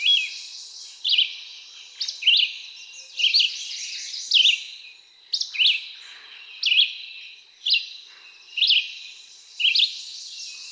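Red-eyed Vireo singing a steady series of short, choppy whistled phrases roughly one per second, with a faint high hiss behind.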